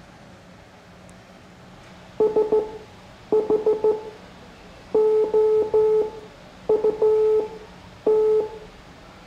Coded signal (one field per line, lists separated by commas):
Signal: Morse code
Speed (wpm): 14 wpm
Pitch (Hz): 430 Hz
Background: none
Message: SHOUT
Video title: Morse Code Class 05